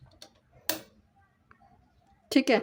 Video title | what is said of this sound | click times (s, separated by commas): Silai machine repair. सिलाई खराब आ रही है? sewing machine problems #silaimachine | तो यह लग गई है अगर टक से आवाज आती है तो यह फिरकी जो है लग जाती है बबन अच्छे से सेट हो जाती है | 0.7 s